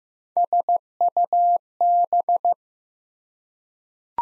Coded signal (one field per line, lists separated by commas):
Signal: Morse code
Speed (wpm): 15 wpm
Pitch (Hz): 700 Hz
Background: none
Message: SUB